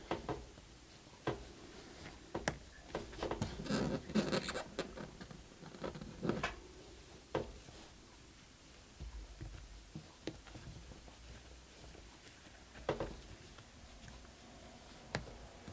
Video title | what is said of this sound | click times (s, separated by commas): How to Crochet an Amigurumi Star | put the backings on. You hear a nice snap. | 2.5 s, 15.1 s